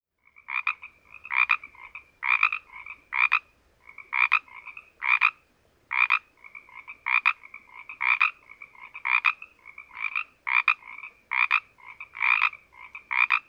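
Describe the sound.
Pacific tree frog giving steady, raspy ribbits, roughly one per second, with softer notes in between.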